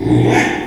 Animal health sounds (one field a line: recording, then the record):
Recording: squeal of a Yucatan mini pig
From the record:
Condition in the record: after surgery on the right vocal fold (resection and tissue-engineered implant)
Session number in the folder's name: 3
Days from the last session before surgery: 33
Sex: male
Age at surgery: 12 weeks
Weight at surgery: 13 kg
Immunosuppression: cyclosporine, prednisolone